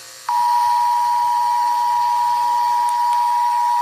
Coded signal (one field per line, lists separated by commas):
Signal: Emergency Alert System (SAME) tones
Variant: 853 and 960 Hz attention tone